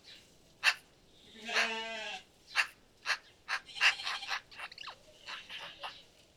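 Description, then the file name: Eurasian magpie giving harsh, scratchy single notes spaced irregularly, with one longer nasal, bleating tone early on and a quick burst of chattering in the middle. "Pica pica"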